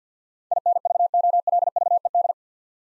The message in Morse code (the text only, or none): INVOLVED